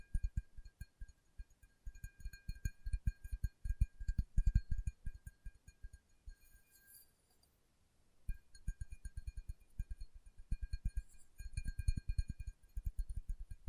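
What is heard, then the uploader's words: Fingertips tap rapidly in quick, uneven bursts, each tap a soft, low thud. The tapping stops for about two seconds past the midpoint, with only a brief faint hiss, then resumes just as busily. A thin steady high whine runs underneath throughout. ASMR Tapping with Fingertips (No Talking).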